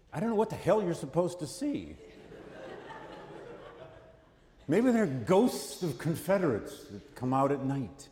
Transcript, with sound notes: I don’t know what the hell you’re supposed to see. [Laughter] Maybe there are ghosts of Confederates that come out at night,